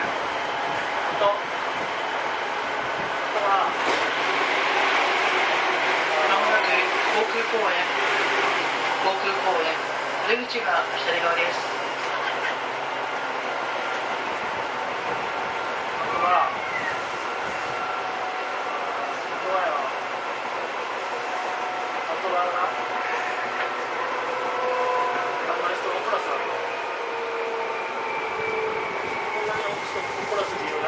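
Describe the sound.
A Seibu old 2000 series train runs between Seibu-Shinjuku and Hon-Kawagoe, a steady dense rumble with a thin motor whine that slowly shifts in pitch toward the end. Sharp knocks from the rails come every few seconds, with voices murmuring underneath.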